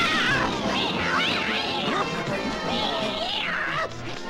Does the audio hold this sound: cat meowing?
yes